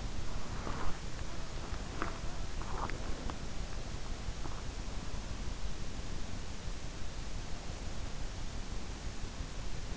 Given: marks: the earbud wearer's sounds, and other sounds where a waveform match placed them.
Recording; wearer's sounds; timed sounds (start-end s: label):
sounds in sleep by an in-ear microphone; body movement
0.00-4.65 s: body movement